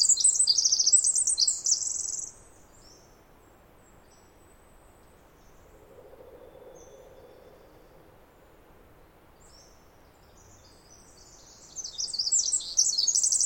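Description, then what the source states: Pacific wren song: a burst of high, rapid trills at the start, a long quiet pause with a faint low hum, then the trilling resumes. Snider Jackson/Rugged Ridge trail, May 11-13 2018, morning after dawn chorus; bird sang about 20 minutes in trees above microphone, then flew down closer; very loud, unmastered recording.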